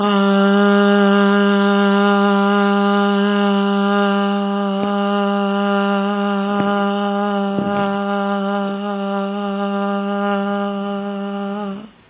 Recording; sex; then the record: sustained vowel /a/; female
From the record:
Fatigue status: fatigue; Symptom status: symptomatic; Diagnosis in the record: COVID-19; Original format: 3gp